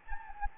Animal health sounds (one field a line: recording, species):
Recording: mosquito wingbeat signal from an infrared sensor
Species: Anopheles gambiae